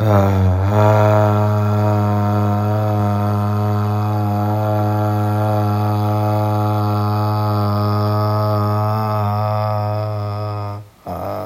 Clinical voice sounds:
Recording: sustained vowel /a/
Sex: male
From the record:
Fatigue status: no fatigue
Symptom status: asymptomatic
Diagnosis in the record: COVID-19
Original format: m4a

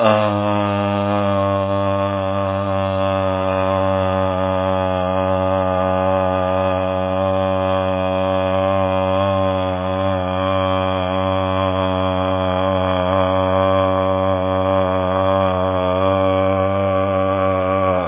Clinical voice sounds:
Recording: sustained vowel /a/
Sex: male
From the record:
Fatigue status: no fatigue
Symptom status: symptomatic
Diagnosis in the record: COVID-19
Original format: 3gp

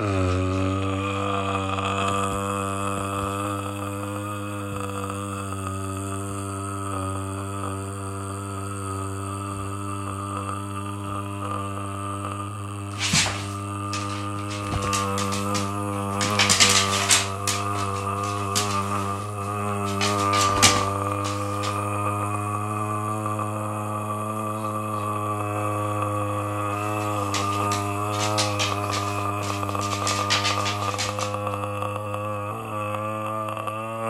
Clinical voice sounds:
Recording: sustained vowel /a/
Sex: male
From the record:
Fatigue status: fatigue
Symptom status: symptomatic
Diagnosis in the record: COVID-19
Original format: m4a

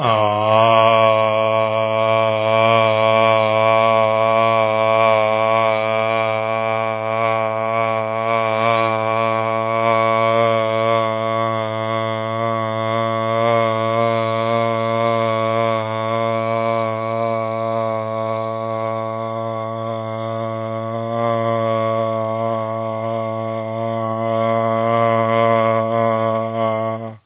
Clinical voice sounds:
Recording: sustained vowel /a/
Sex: male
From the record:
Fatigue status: no fatigue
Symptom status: asymptomatic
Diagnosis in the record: COVID-19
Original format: 3gp

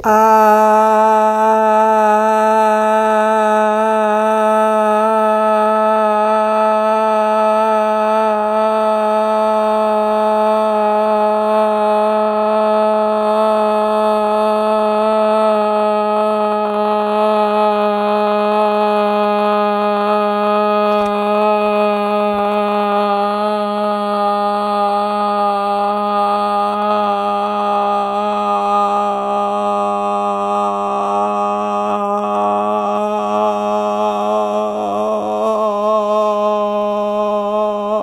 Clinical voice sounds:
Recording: sustained vowel /a/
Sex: female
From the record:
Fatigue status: fatigue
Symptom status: symptomatic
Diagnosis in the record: COVID-19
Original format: m4a

